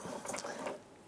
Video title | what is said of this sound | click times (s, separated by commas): How to Replace Driver's Side Mirror 1995-2001 Ford Explorer | goad and get the snap get it to click into place | 0.4 s